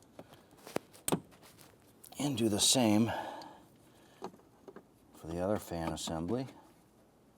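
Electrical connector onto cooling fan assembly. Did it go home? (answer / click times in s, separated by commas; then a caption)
no / none. An electrical connector is handled at the second cooling fan assembly during radiator replacement on a 2015-2020 Cadillac Escalade, with a few short plastic ticks and taps early on and again around 4.2 to 4.8 seconds while someone talks. The connector has not been pushed home and nothing has clicked into place yet, and its lock tab has not been pressed in.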